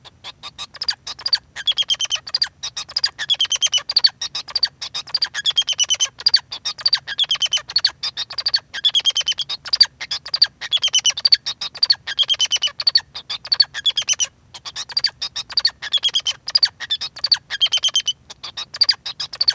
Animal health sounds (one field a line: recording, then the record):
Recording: song of a male Bengalese finch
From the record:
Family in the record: son of father 2